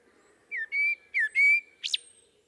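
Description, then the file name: Common blackbird song: two clear level whistled notes, each preceded by a brief slurred note, then a sharp high squeaky note at the end. "Turdus merula"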